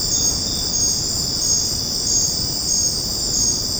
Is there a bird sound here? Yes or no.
no